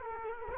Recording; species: mosquito wingbeat signal from an infrared sensor; Culex quinquefasciatus